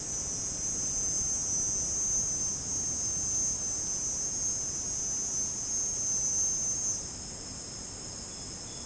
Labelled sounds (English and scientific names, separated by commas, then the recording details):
none
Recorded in dense forest near Puerto Asís, Putumayo, Colombia, on 25 June 2025 at 12:00
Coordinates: 0.499, -76.324
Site G100